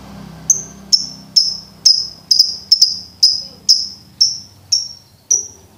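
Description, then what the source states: Lovebird song made of bright, clipped, high notes repeated roughly twice a second. Training recording for birds to learn the ngekek song style.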